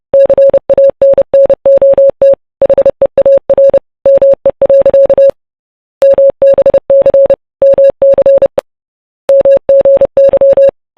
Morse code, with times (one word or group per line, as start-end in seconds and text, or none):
0.1-2.3 CANNOT
2.6-3.8 HEAR
4.1-5.3 ME.
6.0-7.3 MBC
7.6-8.5 MC
9.3-10.7 MGY